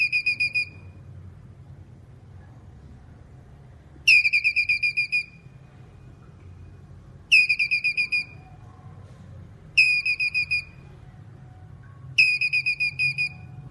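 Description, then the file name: Squirrel chattering call: five bursts of rapid, high pulsed notes, each burst near one second long, with a steady low hum underneath. Male calling. "Tieng soc duc keu"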